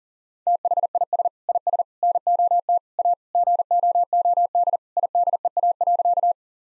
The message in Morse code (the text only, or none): THIS IS NOT A GOOD IDEA.